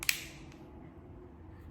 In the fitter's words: and you would hear a click